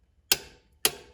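A click-type torque wrench tightens the second alternator mounting bolt on a Chevrolet/GM alternator to a 37 ft-lb setting. Two sharp, bright clicks ring out at about 0.3 s and 0.9 s. The wrench clicks at its setting, confirming the bolt is torqued and done.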